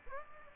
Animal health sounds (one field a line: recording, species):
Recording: mosquito wingbeat signal from an infrared sensor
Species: Aedes aegypti